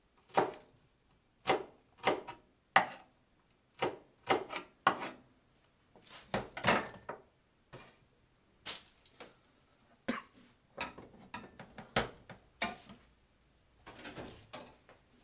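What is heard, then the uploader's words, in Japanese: Making tomato sauce pasta: a string of short, sharp clatters and knocks, like pots, utensils and dishes being handled, come irregularly about once or twice a second. Quiet gaps separate most hits, and a few rougher scraping bursts appear around six and thirteen seconds. 環境音 トマトソースパスタの一部始終。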